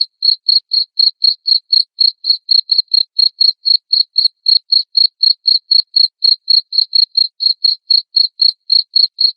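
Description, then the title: Cricket giving regular, sharp chirps around four per second without pause, background otherwise quiet. Loud cricket chirping played to make lovebirds sing continuously. "Suara JANGKRIK NGERIK Keras Bikin LOVEBIRD Jadi NGEKEK Terus"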